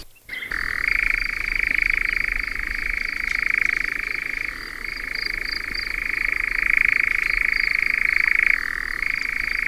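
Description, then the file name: European nightjar song: a long unbroken reeling churr after a short thump at the start, with two brief pitch drops before the trill continues. "Engoulevent d Europe"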